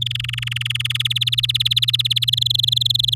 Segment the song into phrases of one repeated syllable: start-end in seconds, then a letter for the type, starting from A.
0.01-1.02 A, 1.05-2.25 B, 2.27-3.14 C